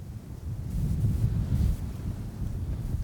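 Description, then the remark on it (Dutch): Low, rumbling wind in an open field buffets a microphone in steady gusts, a deep muffled roar that swells and eases without any voices. “We hebben toch een beetje een inkijkje gekregen in hoe dat gaat daar op het open veld met wind en geluiden met die microfoon gewapend,”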